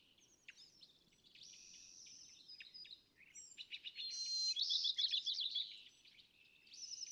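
California thrasher song, scratchy and whistled phrases shifting quickly, with a dense chattering burst midway and steady low background rumble.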